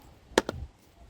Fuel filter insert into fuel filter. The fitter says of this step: and you can just hear it it's got a nice click to it so you know that it's in